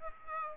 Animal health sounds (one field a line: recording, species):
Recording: mosquito wingbeat signal from an infrared sensor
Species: Aedes aegypti